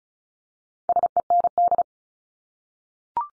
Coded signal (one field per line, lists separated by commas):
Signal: Morse code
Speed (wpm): 36 wpm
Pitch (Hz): 700 Hz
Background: none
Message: SEND